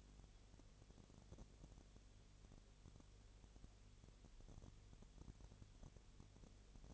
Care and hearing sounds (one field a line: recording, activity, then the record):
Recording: daily activity, microphone in the room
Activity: no activity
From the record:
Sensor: 4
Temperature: 22.6 degrees Celsius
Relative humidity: 32.0%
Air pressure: 1008.1 hPa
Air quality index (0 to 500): 114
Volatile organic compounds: 2 ppm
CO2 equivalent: 1103 ppm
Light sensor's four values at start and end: 2/3/1/1 and 2/3/1/1